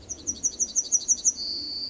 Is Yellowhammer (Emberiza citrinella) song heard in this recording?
yes